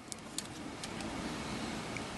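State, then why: Seated. A plastic tank part is turned until the notches on either side line up, then pushed into its mount on a model kit transport vehicle frame. Sharp plastic clicks sound at 0.1 and 0.4 seconds over a steady background hiss, with fainter ticks afterward. The tank is locked into place.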